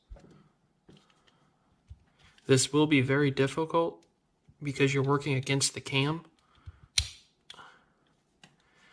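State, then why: Seated. Someone talks while reassembling the bolt of a Steyr THB rifle, holding the spring-loaded clip and rotating the bolt's rear housing and firing pin assembly one click counterclockwise against the stiff cam. A single sharp click is heard at 7.0 s as the rear housing seats and locks, followed by a few fainter ticks of handling.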